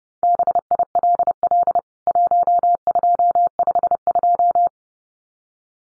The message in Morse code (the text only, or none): BILL 1252